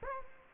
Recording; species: mosquito wingbeat signal from an infrared sensor; Culex quinquefasciatus